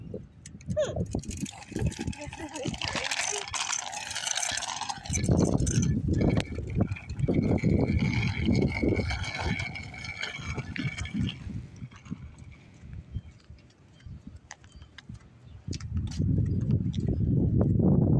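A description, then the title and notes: Cars drive past with a loud rumbling whoosh from about two to eleven seconds, fading out, then another low roar builds near the end. I took my son to ride his bike. Listen to cars driving by, a bike against the pavement and talking.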